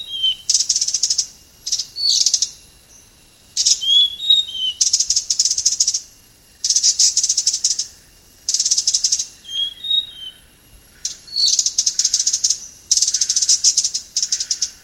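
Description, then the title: Blue-crowned hanging parrot calls: thin high squeaky notes between loud bursts of dense buzzing insect-like noise, in a repeated on-off pattern. "SERINDIT"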